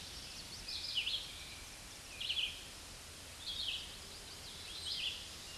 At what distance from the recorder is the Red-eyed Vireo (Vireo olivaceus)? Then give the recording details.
about 25 m. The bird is about 20 m above the microphone. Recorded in a Pennsylvania forest on 16 May 2024 at 06:38. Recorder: AudioMoth, point MSD-2201. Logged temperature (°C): 15.5 °C. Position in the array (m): 165 m, 72 m